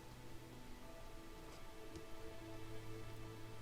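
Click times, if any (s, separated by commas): none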